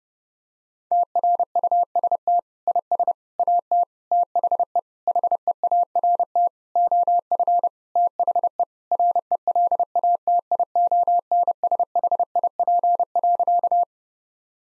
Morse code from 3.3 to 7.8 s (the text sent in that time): AT THE HEART OF